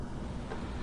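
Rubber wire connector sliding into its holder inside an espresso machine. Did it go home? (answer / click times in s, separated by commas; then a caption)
no / none. Inside a Philips EP 2200 Series espresso machine, after the sensor and two wires are reconnected, a rubber wire connector is being slid to the left into its holder. Only a steady, even rustling noise is heard for just under a second, with no sharp transients. Nothing has seated or clicked yet.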